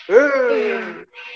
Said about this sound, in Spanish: escucharon eso? Sí, ¿qué fue? ¿Son gatos? Son gatos matándose. ¿Pero son los tuyos? Chico, sí, podría ser uno mío.